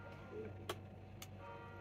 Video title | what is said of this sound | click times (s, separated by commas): UNBOXING & FIRST USE - Extended Cut - GAGGIA VIVA Deluxe ESPRESSO Machine & Orbegozo Grinder | Oh, nice, kind of clicks into place. | 0.7 s, 1.2 s